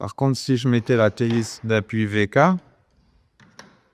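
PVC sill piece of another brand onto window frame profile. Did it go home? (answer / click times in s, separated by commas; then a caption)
partly / 3.4 s, 3.6 s. Someone talks, then a PVC sill piece from another profile brand (VK) is pushed onto a PVC window frame profile, giving two short clicks at 3.4 and 3.6 seconds. It partly goes on but is not really compatible, so it does not clip on properly.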